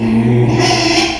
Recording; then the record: squeal of a Yucatan mini pig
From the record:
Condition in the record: after surgery on the right vocal fold (resection and tissue-engineered implant); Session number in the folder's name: 2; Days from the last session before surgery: 13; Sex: male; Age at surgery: 12 weeks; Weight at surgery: 13 kg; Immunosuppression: cyclosporine, prednisolone